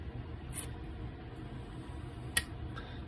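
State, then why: Seated. While reassembling an EVGA 3070 Ti FTW3 Ultra graphics card after replacing its thermal pads, the plastic shroud clip is pressed back onto the cooler, taking care not to pinch the wires. Faint ticks at about 0.6 s and 2.8 s frame one sharp, loud snap at 2.4 s as the clip seats home.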